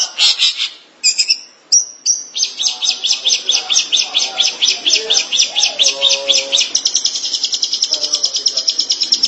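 Long-tailed Shrike song opening with a few separate sharp calls, then a long rapid series of harsh high notes ending in a fast buzzy trill.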